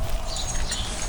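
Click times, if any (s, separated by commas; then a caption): none. A folding leg of a portable camping toilet/outhouse frame is lined up with the opposite cap and handled as it is pushed toward it, giving only a steady, even rustle of broadband handling noise with no sharp transient. The clip ends just before the leg snaps into the cap; nothing has seated or clicked yet.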